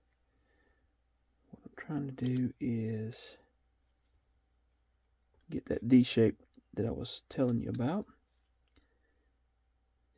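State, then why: Not seated. Someone talks while rotating the D-shaped pivot of a Kunwu Compadre folding knife, trying to get it to pop into its seat in the knife handle during disassembly and cleaning. Only faint ticks are heard around 8.5 s and 10.2 s, and the pivot has not seated or clicked into place yet.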